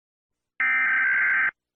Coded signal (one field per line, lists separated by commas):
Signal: Emergency Alert System (SAME) tones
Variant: header bursts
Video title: EAS Scenario - The Deadly Big One (Part 2)